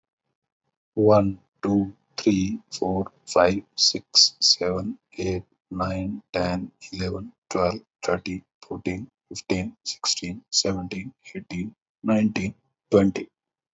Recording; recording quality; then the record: counting at a normal pace; excellent, no background noise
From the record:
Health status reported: healthy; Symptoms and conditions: hypertension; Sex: male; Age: 51 years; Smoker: not ticked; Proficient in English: yes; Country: India